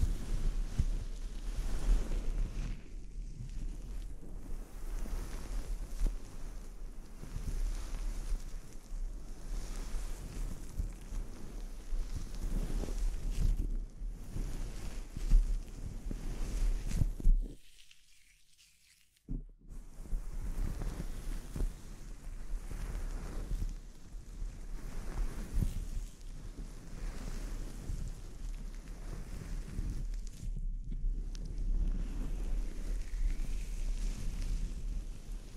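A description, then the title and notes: Scalp treatment: dense, rough rubbing and rustling with a heavy low rumble, like hands working through hair. The texture surges and churns unevenly, stops almost completely for about two seconds near 18 seconds, briefly dips again around 30 seconds, then carries on. ASMR Sleep Inducing Scalp Treatment (No Talking).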